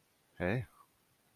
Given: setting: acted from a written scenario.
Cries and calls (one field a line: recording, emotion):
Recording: vocal sound without words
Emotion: romantic love